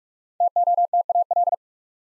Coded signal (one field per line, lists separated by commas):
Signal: Morse code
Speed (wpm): 44 wpm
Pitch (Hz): 700 Hz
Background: none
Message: TOTAL